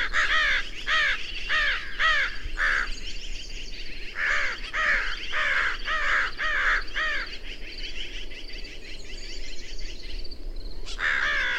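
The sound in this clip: Birds calling in a noisy flock, hoarse cawing notes in quick bursts, overlapping, with pauses between bursts and a loud call near the end.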